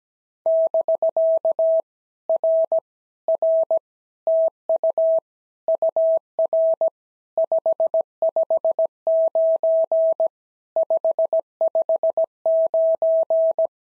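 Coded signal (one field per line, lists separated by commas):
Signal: Morse code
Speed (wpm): 17 wpm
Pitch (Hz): 650 Hz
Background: none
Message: <BK> R R TU UR 559 559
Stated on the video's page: POTA exchange practice sent at 17 wpm, each exchange sent in Morse twice.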